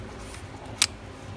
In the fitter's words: and pull it until you hear the click and give it a pull make sure it doesn't pop back off now